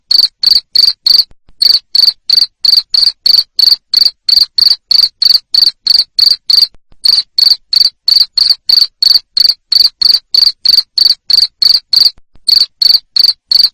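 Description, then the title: Cricket calling with loud, rhythmic chirps, roughly three each second, with several brief pauses. Loud chirping of a cricket, played to make lovebirds sing ngekek continuously. "Suara JANGKRIK NGERIK Keras Bikin LOVEBIRD Jadi NGEKEK Terus Vubey"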